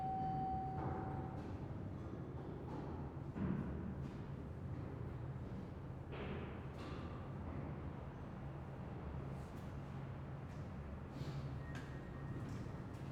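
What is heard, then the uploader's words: Steady low rumble of an indoor stairway near an elevator, with a brief tone early on and scattered faint knocks and clicks throughout. Ambience Stairway Near Elevator 02.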